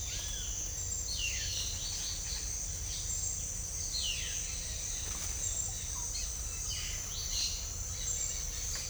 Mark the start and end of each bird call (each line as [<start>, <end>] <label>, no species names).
[0.00, 0.53] bird call
[1.05, 2.23] bird call
[3.82, 4.49] bird call
[6.03, 7.56] bird call